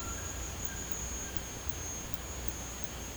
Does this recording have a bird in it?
no